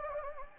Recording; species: mosquito wingbeat signal from an infrared sensor; Anopheles gambiae